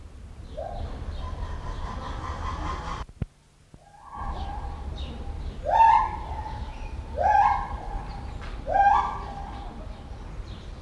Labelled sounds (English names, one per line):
Black-and-white Ruffed Lemur